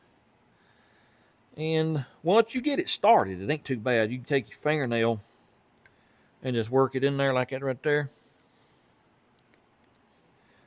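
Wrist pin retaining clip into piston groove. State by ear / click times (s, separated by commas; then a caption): not seated / none. A wrist pin retaining clip is worked into the piston groove with a fingernail during a 4th-gen Trans Am engine build. Someone talks, then only faint handling ticks are heard. The clip has not seated or clicked yet.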